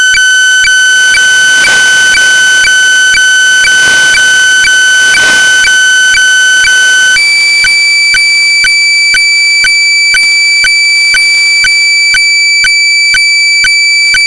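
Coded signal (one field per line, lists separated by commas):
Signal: weather fax (radiofax)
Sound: steady low tone with clicks twice a second, then a higher steady tone, same clicks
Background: radio static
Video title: 13986.6kHz JMH Radio Fax by JMA, Test Chart & Satellite Photo of Typhoon Maria / FAX Softwear KG-FAX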